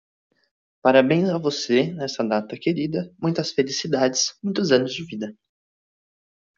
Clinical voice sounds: short text; Brazilian Portuguese; male; 20 to 29 years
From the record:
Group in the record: control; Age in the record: 21 years

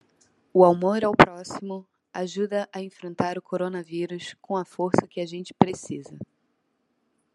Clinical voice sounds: spoken sentence; Brazilian Portuguese; female; 30 to 39 years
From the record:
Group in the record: control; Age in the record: 32 years

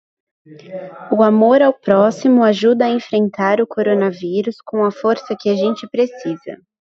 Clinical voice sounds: spoken sentence; Brazilian Portuguese; female; 20 to 29 years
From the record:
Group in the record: control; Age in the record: 28 years

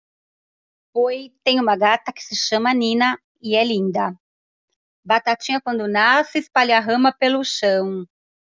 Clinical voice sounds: short text; Brazilian Portuguese; female; 40 to 49 years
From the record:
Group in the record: control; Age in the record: 47 years

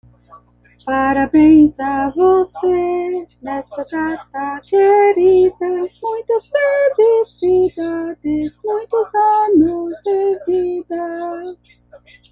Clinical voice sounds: short text; Brazilian Portuguese; female; 50 to 59 years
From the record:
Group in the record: control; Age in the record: 55 years

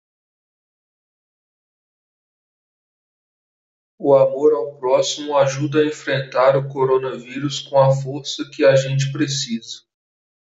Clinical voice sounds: spoken sentence; Brazilian Portuguese; male; 30 to 39 years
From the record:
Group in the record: control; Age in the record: 36 years

